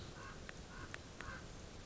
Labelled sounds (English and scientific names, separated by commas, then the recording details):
Common Raven (Corvus corax)
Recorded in Sonoma County, California